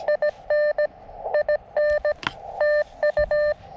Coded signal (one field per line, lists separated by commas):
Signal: Morse code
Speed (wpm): 20 wpm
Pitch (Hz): 590 Hz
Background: none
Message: IN IN TU